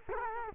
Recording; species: mosquito wingbeat signal from an infrared sensor; Culex quinquefasciatus